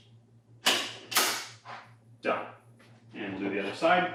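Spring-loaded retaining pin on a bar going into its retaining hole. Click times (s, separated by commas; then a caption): 0.7 s. A bar is slid into place on a Virus PPG, and its spring-loaded retracting pins pop into their retaining holes to hold it. A sharp snap is heard at 0.7 s, followed by more clatter, and the bar is seated. Someone talks near the end.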